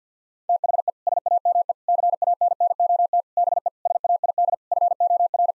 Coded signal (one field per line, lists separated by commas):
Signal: Morse code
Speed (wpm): 50 wpm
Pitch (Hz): 700 Hz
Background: none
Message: THE SAME CANNOT BE SAID FOR